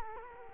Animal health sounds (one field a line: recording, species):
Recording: mosquito wingbeat signal from an infrared sensor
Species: Culex quinquefasciatus